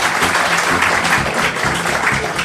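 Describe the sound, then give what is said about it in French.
An audience in Blois applauds steadily at the radio programme Concordance des temps: a dense, even wash of many hands clapping at once, loud and sustained throughout with no voices standing out. “C'était sous les applaudissements que j'essaye de réfréner du public de Blois, c'était Concordance des temps, une émission de Jean-Noël Jeannet”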